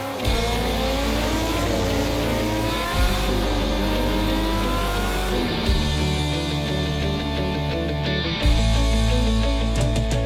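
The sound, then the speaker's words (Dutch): Racing motorcycle engines roar loudly and without pause at the TT motorcycle race in Assen, an annual June event, their pitch climbing and dropping with sharp gear changes around three times, some whining higher as others rumble underneath. “Verliefd op het motorgeluid.”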